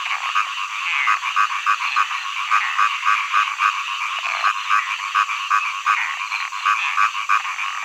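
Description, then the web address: Frogs croaking in a busy chorus, short pulsed calls repeating about three times a second over a steady background of many other callers. Frog songs in early summer. "zvuci-ot-prirodata-za-deca-pesni-na-zabi-07 ranno-lato"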